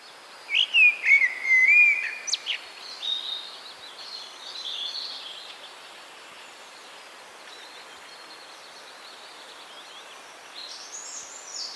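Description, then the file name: Common blackbird song: a low, mellow whistled phrase running into a long scratchy high twitter, then quiet with thin bird calls. "Turdus merula"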